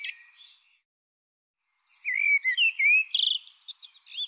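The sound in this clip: Bird gives a brief chirp, then after a pause a lively phrase of rising whistled notes and a short buzzy burst.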